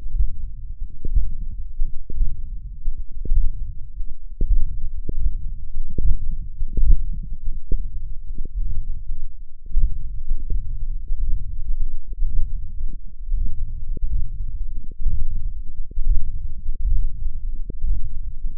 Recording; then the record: forearm muscle sounds (acoustic myography)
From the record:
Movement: hook grip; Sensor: system 1, eight BSWA MPA416 microphones around the upper forearm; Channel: 8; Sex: male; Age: 21 years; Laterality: right